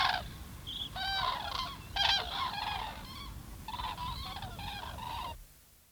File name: Kolonie van kraanvogels - SoundCloud - Beeld en Geluid